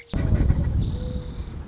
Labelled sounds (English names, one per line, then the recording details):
Mourning Dove
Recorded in Sonoma County, California